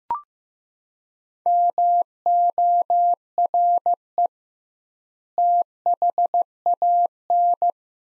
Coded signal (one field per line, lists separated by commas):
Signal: Morse code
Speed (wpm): 15 wpm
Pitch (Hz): 700 Hz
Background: none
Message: MORE THAN